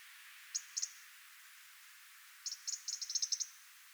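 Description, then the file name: European robin tick calls: a few sharp high clicks early, then a quicker run of many dry ticks, over a faint background hiss. "Erithacus rubecula"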